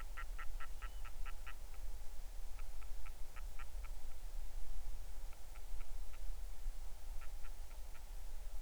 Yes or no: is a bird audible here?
yes